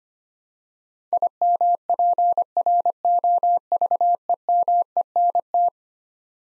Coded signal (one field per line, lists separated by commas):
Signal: Morse code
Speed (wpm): 25 wpm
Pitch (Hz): 700 Hz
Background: none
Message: IMPROVEMENT